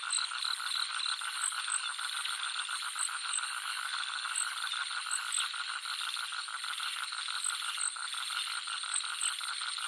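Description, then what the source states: Continuous frog trilling in rapid pulses, layered with dense insect drone and scattered high ticks. Jungle nature soundscape with frogs and crickets.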